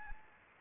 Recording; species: mosquito wingbeat signal from an infrared sensor; Anopheles gambiae